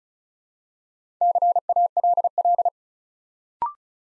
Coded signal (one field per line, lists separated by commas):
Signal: Morse code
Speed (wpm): 36 wpm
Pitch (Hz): 700 Hz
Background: none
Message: CALL